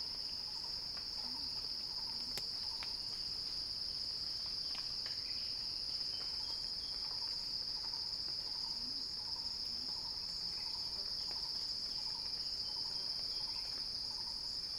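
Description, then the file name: Cicada buzzing as an unbroken shrill drone, while a softer lower pulse repeats underneath, plus a sharp click near the start. Recording titled as a cicada crescendo. "earth-fm Axel-Drioli Cicada-Crescendo-Sounding-Wild"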